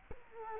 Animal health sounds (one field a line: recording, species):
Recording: mosquito wingbeat signal from an infrared sensor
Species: Culex quinquefasciatus